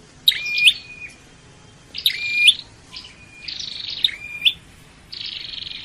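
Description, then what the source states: Flowerpecker song: high, buzzy bursts, each with a thin, sharply rising whistled note, coming in phrases roughly every one and a half to two seconds. Singing bird; Vietnamese local name chim sâu đầu đỏ, meaning red-headed flowerpecker.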